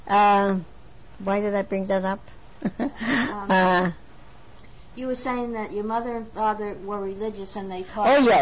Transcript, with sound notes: Why did I bring them up? (She laughs.)
You were saying that your mother and father werereligious and they taught Hebrew.